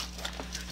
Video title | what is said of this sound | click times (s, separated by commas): Sony Alpha A7r3 Accessories Flash Bracket L-Plate Arca-Style | goes right in and it hangs like this it's locked in in place | 0.2 s, 0.4 s, 0.5 s